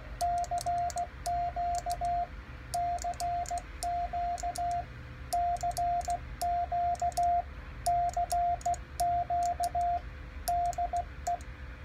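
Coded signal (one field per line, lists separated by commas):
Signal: Morse code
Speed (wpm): 16 wpm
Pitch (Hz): 700 Hz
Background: radio noise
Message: CQ CQ CQ CQ DE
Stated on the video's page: Keyed on a Lionel J-38 straight key and a Vibroplex iambic key, compared.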